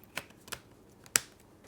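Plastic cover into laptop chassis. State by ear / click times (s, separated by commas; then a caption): seated / 1.2 s. A plastic internal cover is pressed up from the bottom into an Alienware m18 laptop chassis. A few light taps and clicks come at about 0.2 s and 0.5 s, then a sharp, much louder click at 1.2 s as the cover clicks into place and is seated.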